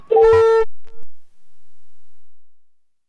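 A telephone ringback tone on an outgoing call sounds as one loud, buzzy, steady beep lasting about half a second, followed by a brief faint blip and then silence, with no voices.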